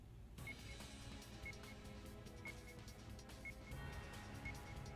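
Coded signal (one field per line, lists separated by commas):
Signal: none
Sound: game beeps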